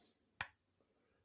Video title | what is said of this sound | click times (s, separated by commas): English Barlow! #whatyatotin @huntingfishingpraying @HTS_EDC #knifecollector #knifecommunity #edc | that's that snap that all them case guys are looking for | 0.4 s